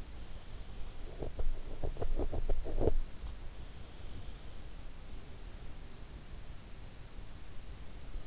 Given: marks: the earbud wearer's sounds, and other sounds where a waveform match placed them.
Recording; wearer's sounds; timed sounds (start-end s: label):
sounds in sleep by an in-ear microphone; teeth grinding
1.09-2.95 s: teeth grinding